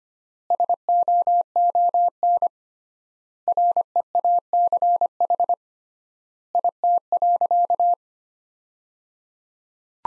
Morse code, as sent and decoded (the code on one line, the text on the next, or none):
... --- --- -. / .-. . .- -.-. .... / .. - .-.-.-
SOON REACH IT.